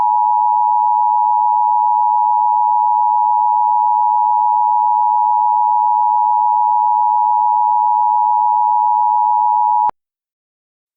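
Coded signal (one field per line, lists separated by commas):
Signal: Emergency Alert System (SAME) tones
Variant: 853 and 960 Hz attention tone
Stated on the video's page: Fictional EAS scenario, audio generated with Audacity alongside text-to-speech voices.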